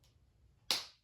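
A plastic cap is pushed onto a marker over a quiet background, and a single sharp snap rings out at 0.7 s with a bright, quickly fading tail. The cap snaps shut and is seated.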